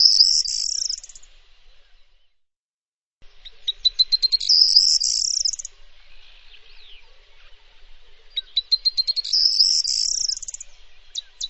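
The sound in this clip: Bird singing three times: each song is a quickening string of sharp notes ending in a high buzzy trill.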